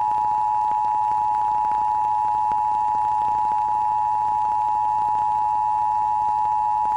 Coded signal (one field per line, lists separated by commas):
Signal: Emergency Alert System (SAME) tones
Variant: 853 and 960 Hz attention tone